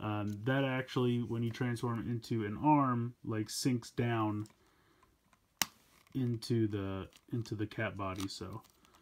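Someone talks while handling the softer, malleable plastic tail of a Voltron 84 Classic Legendary Red Lion toy, which sinks into the cat body for arm mode and is about to be pulled out until it clicks into its extended position. During a pause in the talking there are faint handling noises and one brief sharp tap near 5.6 s. Nothing has seated or clicked yet.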